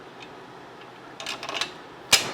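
On a Honda Grom, the rear shock's lower eye is lined up with the swingarm mount by lifting the wheel, and the lower mounting bolt is pushed through. A few light knocks and scrapes come between 1.2 and 1.6 seconds. A sharp, loud knock at 2.1 seconds marks the bolt going home and seating.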